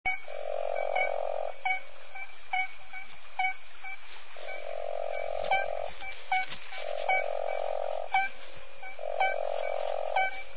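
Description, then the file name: Smooth horned frog repeating long, flat notes with pauses of one to three seconds, over steady, quick chirping calls. "Proceratophrys boiei"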